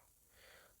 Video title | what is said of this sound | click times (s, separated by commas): Kortex pressure washer unboxing - malayalam - 4k electronics & electricals - ഇത്ര പവറോ 😱 കിടിലം 🔥 | ഇത് ലോക്ക് ആവുന്നില്ല അപ്പൊ ഇതിന്റെ ക്ലിപ്പ് പോയിട്ടുണ്ട് | none